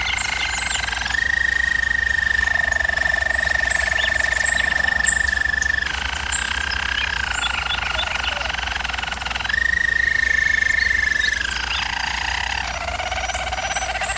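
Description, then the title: German Roller canary song: long, steady rolling tones shifting between pitches, each held for several seconds. German Roller canary singing, used for canary training. "German Roller Canary Singing - Canary Training Vid"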